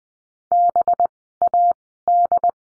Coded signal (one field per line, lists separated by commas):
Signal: Morse code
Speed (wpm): 20 wpm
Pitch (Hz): 700 Hz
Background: none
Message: BAD